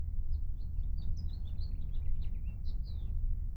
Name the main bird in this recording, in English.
House Finch